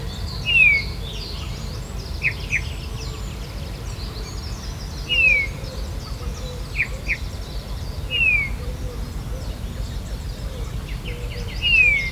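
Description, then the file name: Eurasian bullfinch calls, four clear downslurred whistles a few seconds apart, while other small birds chatter and trill throughout. "Pyrrhula pyrrhula"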